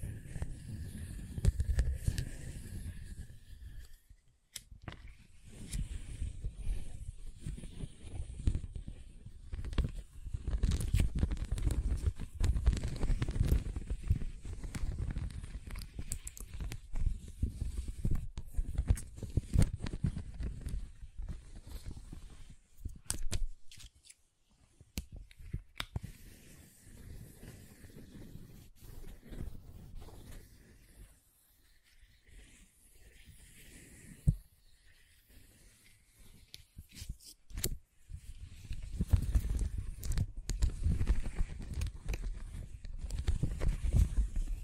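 Scratching and tracing: dense, uneven scraping strokes with low rumbling bursts, pausing near 5 and 24 seconds, a thin high tone recurring.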